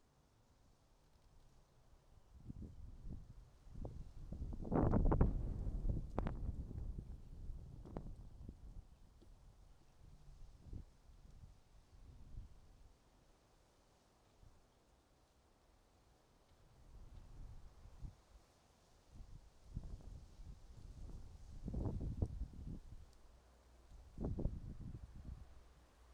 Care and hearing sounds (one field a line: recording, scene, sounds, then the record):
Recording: everyday scene through a hearing-aid microphone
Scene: wind on the microphone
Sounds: wind, traffic, birds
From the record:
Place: suburban garden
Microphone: in the ear canal, right